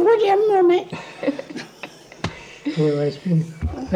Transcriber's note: laughs